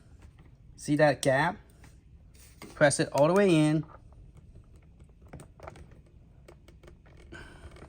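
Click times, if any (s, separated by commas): none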